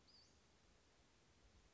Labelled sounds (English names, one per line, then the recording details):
Western Flycatcher
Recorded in Sonoma County, California